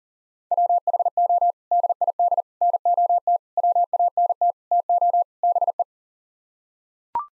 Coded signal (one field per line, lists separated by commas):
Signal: Morse code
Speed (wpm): 37 wpm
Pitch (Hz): 700 Hz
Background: none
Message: WHO DID NOT WANT TO BE